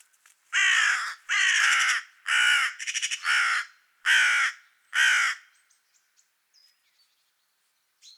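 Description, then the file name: Carrion crow giving harsh, hoarse caws, seven in about five seconds, one broken into a rapid stutter, then near silence with faint clicks. "Corvus corone"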